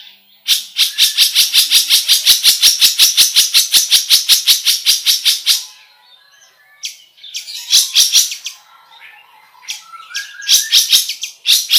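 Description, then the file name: Long-tailed shrike giving a long, harsh, rattling series of rapid, even notes, followed by short bursts of sharp chatter and scratchy twitters. "suara cendet"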